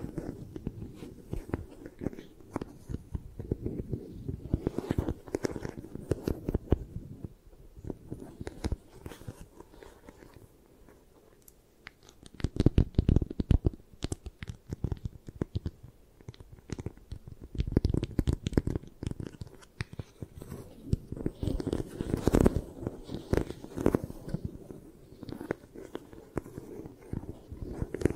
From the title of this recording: 3D Eye Massage, Tapping, Scratching